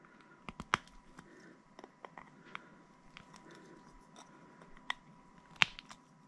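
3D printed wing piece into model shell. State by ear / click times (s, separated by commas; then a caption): seated / 0.7 s, 5.6 s. 3D-printed PLA wing pieces are pushed down into a printed Destiny ghost shell until they clip in, with sharp plastic clicks at 0.7 s and 5.6 s among fainter ticks and rustles. The wing parts are seated, clicked into place.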